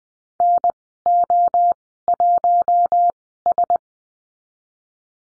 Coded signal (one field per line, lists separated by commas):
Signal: Morse code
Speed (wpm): 20 wpm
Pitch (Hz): 700 Hz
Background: none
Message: N O 1 S